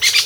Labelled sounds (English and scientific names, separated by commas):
Brown-throated Parakeet (Eupsittula pertinax) contact call